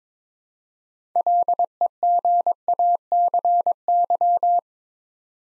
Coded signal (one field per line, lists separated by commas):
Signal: Morse code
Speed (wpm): 22 wpm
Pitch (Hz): 700 Hz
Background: none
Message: LEGACY